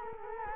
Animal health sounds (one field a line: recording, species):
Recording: mosquito wingbeat signal from an infrared sensor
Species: Culex quinquefasciatus